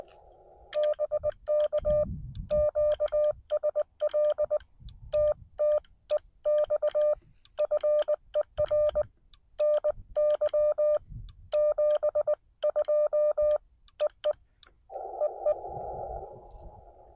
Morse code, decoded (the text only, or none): BK QSL TT EX FER NY 72 EE EE